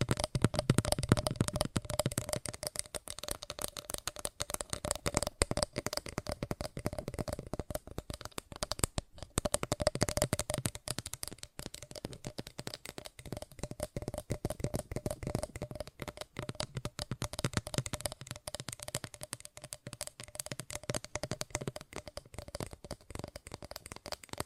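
Fast tapping runs without pause, a dense, quick patter of light clicks that sounds a little like shuffling cards. It grows fuller around the first second, at ten seconds, and near seventeen seconds, then thins between. A faint steady tone hums underneath.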